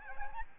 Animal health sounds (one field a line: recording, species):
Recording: mosquito wingbeat signal from an infrared sensor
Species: Aedes albopictus